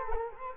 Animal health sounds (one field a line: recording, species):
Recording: mosquito wingbeat signal from an infrared sensor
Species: Culex quinquefasciatus